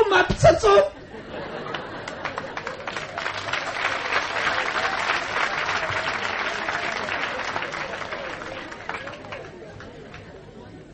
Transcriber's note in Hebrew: מחיאות כפיים